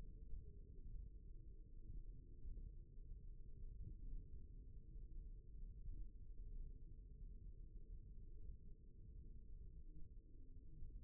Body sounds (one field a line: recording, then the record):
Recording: forearm muscle sounds (acoustic myography)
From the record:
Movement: thumb flexion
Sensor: system 1, eight BSWA MPA416 microphones around the upper forearm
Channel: 2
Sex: male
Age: 54 years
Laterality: right